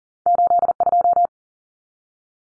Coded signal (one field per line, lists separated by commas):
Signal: Morse code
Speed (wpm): 40 wpm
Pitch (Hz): 700 Hz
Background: none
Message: 82